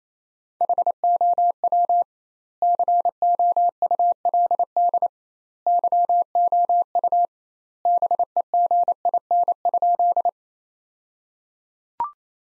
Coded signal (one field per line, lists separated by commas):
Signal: Morse code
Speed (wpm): 28 wpm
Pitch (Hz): 700 Hz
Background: none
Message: HOW COULD YOU BEGIN?